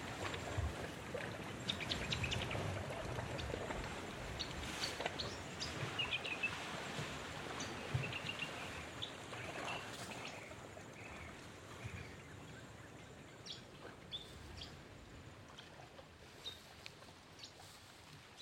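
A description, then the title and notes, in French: Surf washes over coral reefs in a bay, a dense, steady rush of breaking water that fills the lows and mids and eases slightly toward the end. Scattered bird calls and brief bright chirps rise above it throughout. Paysage sonore de Maré. Île de Maré, Nouvelle-Calédonie. Le ressac des vagues sur les récifs coralliens de la baie de Péhdé.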